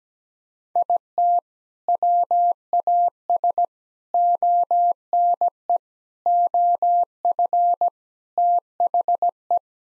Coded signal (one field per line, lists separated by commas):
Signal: Morse code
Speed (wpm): 17 wpm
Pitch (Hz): 700 Hz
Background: none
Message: IT WAS ONE OF THE